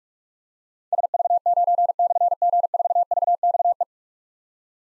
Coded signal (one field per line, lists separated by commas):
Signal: Morse code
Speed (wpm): 44 wpm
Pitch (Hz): 700 Hz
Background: none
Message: SV9/G4VXE